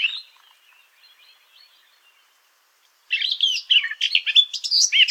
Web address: sylvia atricapilla call